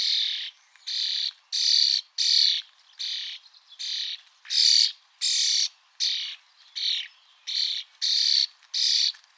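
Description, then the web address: Bird calls as a run of loud, rasping squawks in quick succession, each note broad and grating. "Deverinetal 2025. Bird Only"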